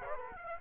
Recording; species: mosquito wingbeat signal from an infrared sensor; Aedes aegypti